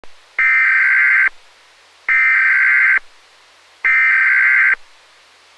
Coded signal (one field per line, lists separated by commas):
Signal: Emergency Alert System (SAME) tones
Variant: header bursts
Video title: EAS Scenario: Animal Mayhem